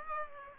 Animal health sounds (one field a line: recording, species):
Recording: mosquito wingbeat signal from an infrared sensor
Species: Aedes aegypti